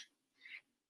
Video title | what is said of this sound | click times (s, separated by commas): LIVE SMOK ALIKE & POZZ X REVIEWS | And the pod just clicks back in. | 0.5 s